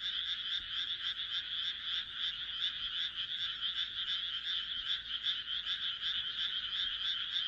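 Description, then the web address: Frogs calling together in a loud continuous chorus of quick, rattling croaks that never let up. "kaeru kaeru"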